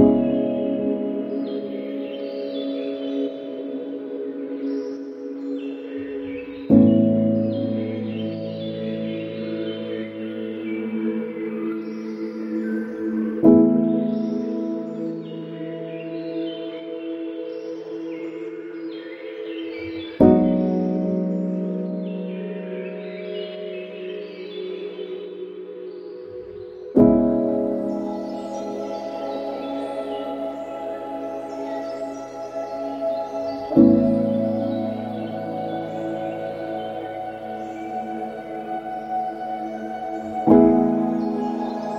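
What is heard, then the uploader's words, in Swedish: Birdsong chirps brightly over a low, ringing chord like a struck bowl that is freshly sounded about every seven seconds, then slowly fades. Naturen och dess vackra fågelsång.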